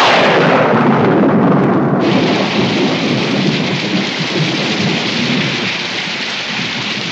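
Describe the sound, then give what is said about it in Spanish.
A loud, rolling rumble of thunder opens over steady, heavy rain, which keeps hissing and pattering on after the thunder fades. No one speaks. “¿Podría ser peor? ¿Cómo? ¿Podría llover?”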